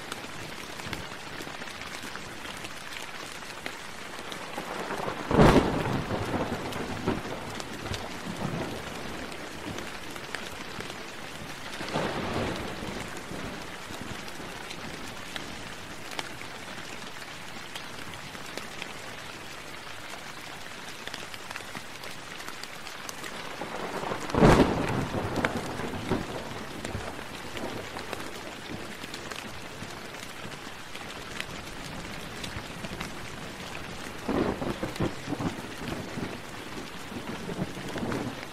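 Steady rain hisses and patters throughout, with a dense, even wash of drops. Thunder rumbles in several times, a sharp crack near 5 seconds and a heavier one near 24, with softer rolls around 12 and 35 seconds.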